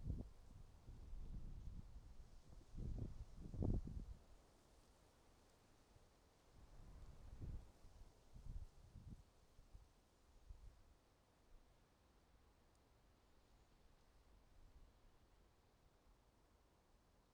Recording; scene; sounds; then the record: everyday scene through a hearing-aid microphone; wind on the microphone; wind, traffic, birds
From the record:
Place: suburban garden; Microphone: in the ear canal, right